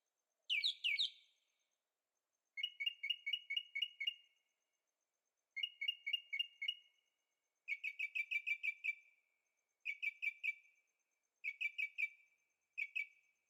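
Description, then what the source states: Bird singing repeated series of rapid chirped notes, each series a string of a few to about ten quick notes, separated by short pauses. Birds singing at night in Carefree, Arizona; recorded with a Zoom H6 and stereo microphones.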